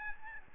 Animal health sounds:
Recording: mosquito wingbeat signal from an infrared sensor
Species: Aedes albopictus

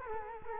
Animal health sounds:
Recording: mosquito wingbeat signal from an infrared sensor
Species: Culex quinquefasciatus

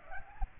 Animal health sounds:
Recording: mosquito wingbeat signal from an infrared sensor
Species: Aedes aegypti

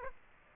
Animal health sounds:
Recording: mosquito wingbeat signal from an infrared sensor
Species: Aedes aegypti

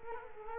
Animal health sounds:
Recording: mosquito wingbeat signal from an infrared sensor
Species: Culex quinquefasciatus

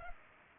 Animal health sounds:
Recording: mosquito wingbeat signal from an infrared sensor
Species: Culex pipiens

